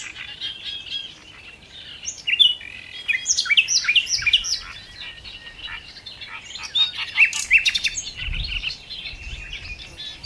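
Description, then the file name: Common nightingale song full of quick whistled slurs, chirps and short rattles in loose, continuous phrases, with a low thud in the background. "Luscinia megarhynchos"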